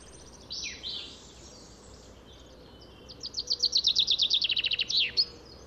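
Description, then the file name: Common chaffinch song: a quick trill of repeated notes descending to a terminal flourish, preceded by two swooping notes and faint background hiss. "Fringilla coelebs"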